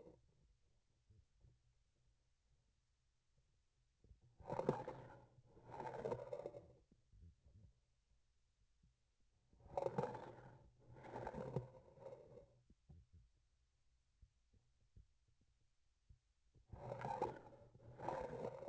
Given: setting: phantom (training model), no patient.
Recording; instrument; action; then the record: laparoscopic instrument, vibration sensor on the handle end; grasping forceps; approaching and retracting movements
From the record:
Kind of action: spatial motion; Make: other than Olympus